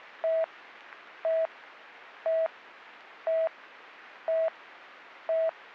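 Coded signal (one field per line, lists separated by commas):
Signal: none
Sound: radio talk-permit beeps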